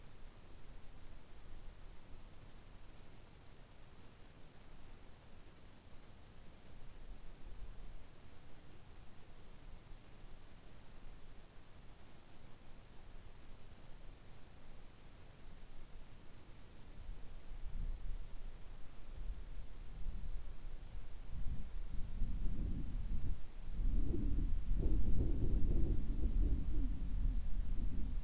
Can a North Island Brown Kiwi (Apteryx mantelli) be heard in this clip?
no